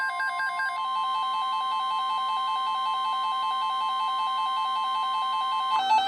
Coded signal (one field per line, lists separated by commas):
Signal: Emergency Alert System (SAME) tones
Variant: 1050 Hz attention tone